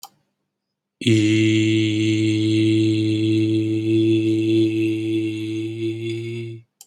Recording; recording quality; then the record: sustained vowel as in beet; excellent, no background noise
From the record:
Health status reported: healthy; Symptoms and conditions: none ticked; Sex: male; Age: 34 years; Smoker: not ticked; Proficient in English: yes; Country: India